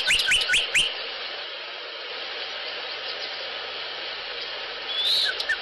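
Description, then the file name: Sinaloa Wren with a rapid burst of four rising whistled notes at the start, a long quiet stretch of hiss, then a couple of faint notes at the end. Recorded 25 August 2008. "Sinaloa Wren 20080825"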